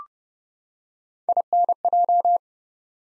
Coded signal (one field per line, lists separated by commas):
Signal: Morse code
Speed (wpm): 30 wpm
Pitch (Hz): 700 Hz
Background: none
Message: INJ